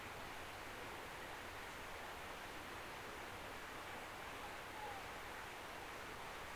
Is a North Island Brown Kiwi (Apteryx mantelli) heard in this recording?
no